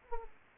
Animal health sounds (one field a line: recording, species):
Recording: mosquito wingbeat signal from an infrared sensor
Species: Aedes aegypti